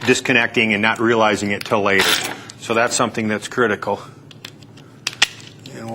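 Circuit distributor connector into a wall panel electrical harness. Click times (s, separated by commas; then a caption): 5.1 s, 5.2 s. Someone talks while a plastic circuit distributor connector is pushed onto a wall panel's electrical harness to join the two sides, since it must click and lock so it does not pull apart. After the talking stops, two sharp, loud clicks ring out at 5.1 s and 5.2 s as the connector snaps in and seats.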